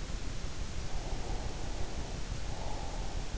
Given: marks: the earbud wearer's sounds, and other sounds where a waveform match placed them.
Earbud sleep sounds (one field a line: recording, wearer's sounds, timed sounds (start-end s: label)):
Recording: sounds in sleep by an in-ear microphone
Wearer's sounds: breath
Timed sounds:
0.97-3.29 s: breath